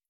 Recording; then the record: hydrophone in a shrimp aquaculture tank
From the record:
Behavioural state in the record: starved